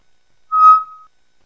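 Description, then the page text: Solitary tinamou giving a single short, clear, steady whistle, level in pitch and fading at the end, in silence. Nominate subspecies solitarius; the typical female whistle; females call often in the August–September breeding season, even from the night perch, mainly after their first sleep, which lasts until midnight. "macuca. Tinamus Solitarius solitarius. Na época da reprodução (agosto e setembro), as fêmeas piam e chororocam bastante. Mesmo no poleiro, principalmente depois do primeiro sono que vai até a meia-noite, ELAS PIAM"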